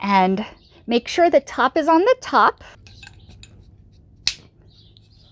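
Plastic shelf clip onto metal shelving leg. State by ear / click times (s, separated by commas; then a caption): seated / 4.3 s. Someone talks, then a plastic sleeve clip is pressed onto the bottom metal leg pole of a wire shelving unit. It snaps into place with a single sharp click at 4.3 s, and the clip is seated.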